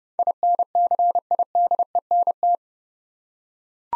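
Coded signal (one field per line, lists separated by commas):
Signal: Morse code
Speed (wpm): 30 wpm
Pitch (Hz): 700 Hz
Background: none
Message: INCIDENT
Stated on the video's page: Morse practice at 30 wpm sending 8-letter words for head-copy drill, each word sent twice.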